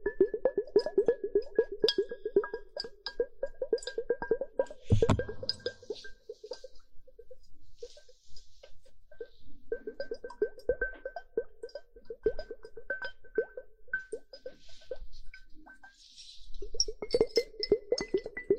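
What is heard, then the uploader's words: Water droplets patter in dense, quick bursts, with tiny clinking and ticking sounds like grains or drops striking glass. A sharp knock lands around five seconds, then the pattering thins and returns unevenly before growing busy again near the end. Water droplets and hourglass.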